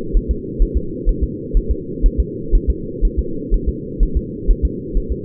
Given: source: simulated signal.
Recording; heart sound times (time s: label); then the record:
fetal heart sounds
0.17 s: S1
0.31 s: S2
0.62 s: S1
0.77 s: S2
1.09 s: S1
1.23 s: S2
1.57 s: S1
1.71 s: S2
2.06 s: S1
2.20 s: S2
2.55 s: S1
2.70 s: S2
3.05 s: S1
3.19 s: S2
3.54 s: S1
3.69 s: S2
4.03 s: S1
4.17 s: S2
4.51 s: S1
4.65 s: S2
4.97 s: S1
5.12 s: S2
From the record:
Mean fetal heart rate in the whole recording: 130 bpm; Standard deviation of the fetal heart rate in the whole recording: 4 bpm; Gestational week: 38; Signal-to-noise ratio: -4.3 dB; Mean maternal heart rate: 72 bpm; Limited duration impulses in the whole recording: absent